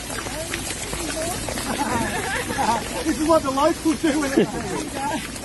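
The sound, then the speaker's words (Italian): Steady, hissing rain pours down in Australia during wildfires while a group of firefighters whoop and cheer at the rain's arrival, their excited voices rising and overlapping loudly in the second half. “E questi sono i vigili del fuoco, no? Che festeggiano l'arrivo di un po' di pioggia che però non serve a calmare questi incendi che hanno ucciso una trentina di persone complessivamente, stanno mandando a fuoco un intero ambiente naturale.”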